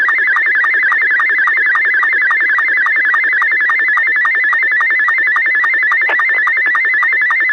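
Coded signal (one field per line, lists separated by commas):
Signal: SSTV (slow-scan television)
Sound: continuous warbling, rapidly stepping tone with steady short low blips about three times a second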